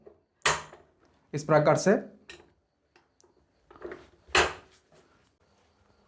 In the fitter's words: और यह जो होल्स होते हैं इसके ऊपर जो है यह टेबल जो है अपने आप लॉक हो जाता है